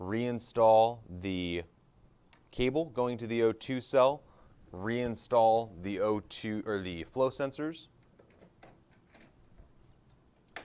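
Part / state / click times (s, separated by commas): flow sensor latch on an anesthesia machine breathing system / seated / 10.6 s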